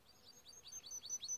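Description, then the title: Canary song, a quick run of high chirped notes that sweep and loop, growing louder toward the end, over a faint background hiss. Timbrado breed canary; song presented as a training recording for other canaries. "Canary Bird Singing - Timbrado training video"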